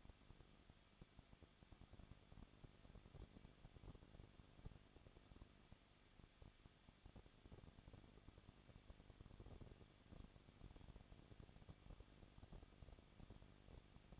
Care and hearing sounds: daily activity, microphone in the room; no activity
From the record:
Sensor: 4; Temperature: 23.0 degrees Celsius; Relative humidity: 34.2%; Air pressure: 1007.2 hPa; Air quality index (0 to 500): 217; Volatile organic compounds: 16 ppm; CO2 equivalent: 2522 ppm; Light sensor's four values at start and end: 2/3/1/1 and 2/3/1/1

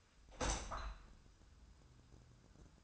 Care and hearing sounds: daily activity, microphone in the room; open window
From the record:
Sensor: 2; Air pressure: 1004.5 hPa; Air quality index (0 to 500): 96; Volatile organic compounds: 2 ppm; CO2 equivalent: 1146 ppm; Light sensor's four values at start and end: 6/14/5/6 and 6/14/6/6

